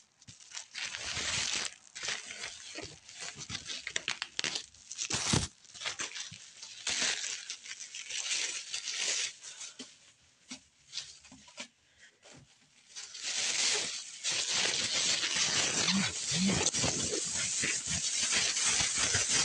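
Cleaning sounds: bursts of hissing spray and rough wiping strokes come in irregular clusters through the first twelve seconds, with a few sharp knocks around five seconds. After a brief lull, a steady bright whooshing roar takes over and holds to the end.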